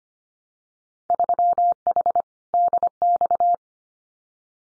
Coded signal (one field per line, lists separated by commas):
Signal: Morse code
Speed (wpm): 25 wpm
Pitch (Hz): 700 Hz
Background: none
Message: 3H DX